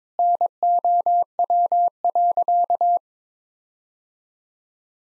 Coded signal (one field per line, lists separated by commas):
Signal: Morse code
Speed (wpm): 22 wpm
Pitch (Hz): 700 Hz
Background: none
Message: NOW.